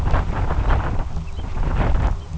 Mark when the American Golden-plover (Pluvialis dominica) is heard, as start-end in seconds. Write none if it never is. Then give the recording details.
0.39-0.82, 1.13-1.55, 2.00-2.35. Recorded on Arctic tundra, site UTQI-2, on 12 June 2019. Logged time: 04:00